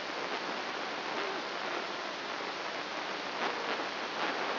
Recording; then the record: brain microelectrode recording played as sound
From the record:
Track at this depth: outside the subthalamic nucleus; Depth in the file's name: 1.206 mm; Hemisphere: right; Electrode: 2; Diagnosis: Parkinson's disease